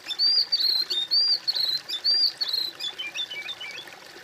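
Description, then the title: Bird song: a continuous run of clear, slurred whistles, rising and falling around a high pitch, lasting about four seconds over faint background hiss. "kOMPILASI suara bird"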